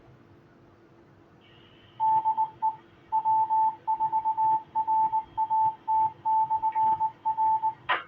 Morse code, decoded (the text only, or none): DE W4RAT/R